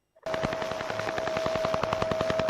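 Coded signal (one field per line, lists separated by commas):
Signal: radar signal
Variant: Russian Woodpecker (Duga-3)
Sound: fast harsh tapping, about ten pulses a second, over a steady whistle tone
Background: radio static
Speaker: so here we go i'll go ahead and start with the the sound of the woodpecker so hold your ears here it comes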